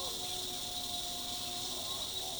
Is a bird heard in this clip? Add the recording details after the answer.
no. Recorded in forest near Pivijay, Magdalena, Colombia, on 17 April 2023 at 07:30. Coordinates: 10.467, -74.380. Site Z5-G034